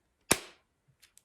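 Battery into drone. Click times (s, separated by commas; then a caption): 0.3 s. A battery is pushed into a $1,700 drone and snaps home with one loud, sharp click at 0.3 s that rings out briefly, followed by two faint small ticks near 1.0 and 1.2 s. The battery is confirmed seated in the drone.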